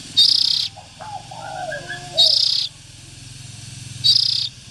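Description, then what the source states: Oriental magpie-robin hissing calls: three raspy bursts about two seconds apart, with soft warbled notes between the first two. Young birds.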